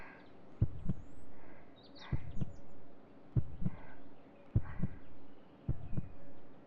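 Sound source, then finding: Heart by stethoscope. Heartbeat.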